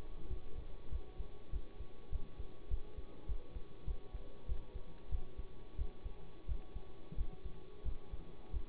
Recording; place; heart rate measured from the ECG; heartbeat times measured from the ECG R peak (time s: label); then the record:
heart sounds by stethoscope; between the tricuspid and mitral areas; 95 bpm
0.25 s: heartbeat
0.87 s: heartbeat
1.48 s: heartbeat
2.07 s: heartbeat
2.66 s: heartbeat
3.24 s: heartbeat
3.83 s: heartbeat
4.44 s: heartbeat
5.07 s: heartbeat
5.74 s: heartbeat
6.44 s: heartbeat
7.13 s: heartbeat
7.81 s: heartbeat
8.49 s: heartbeat
From the record:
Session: bicycle stress test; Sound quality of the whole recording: good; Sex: male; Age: 24 years